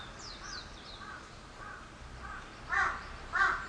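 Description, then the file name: Bird calls: soft, hoarse notes and a few high slurred chirps, ending with two louder, rasping caws. "wild bird"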